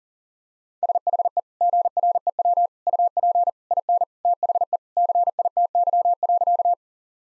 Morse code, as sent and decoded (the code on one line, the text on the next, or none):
... .... . / --. .-. . .-- / ..- .--. / .. -. / - .... . / -.-. .. - -.-- .-.-.-
SHE GREW UP IN THE CITY.